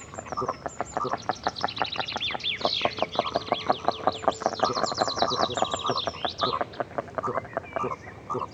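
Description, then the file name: Goosander giving fast, rasping pulsed calls in steady bursts. Goosander recorded close up. "Digiffects Sound Effects Library - Close Goosander Bird Version 2"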